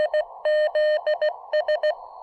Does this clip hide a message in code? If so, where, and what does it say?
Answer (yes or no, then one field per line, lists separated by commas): no